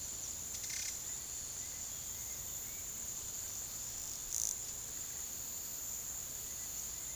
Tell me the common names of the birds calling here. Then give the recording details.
Bright-rumped Attila. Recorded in pastures near Puerto Asís, Putumayo, Colombia, on 18 February 2024 at 15:30. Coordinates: 0.466, -76.323. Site G6384